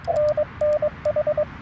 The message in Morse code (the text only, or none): NNH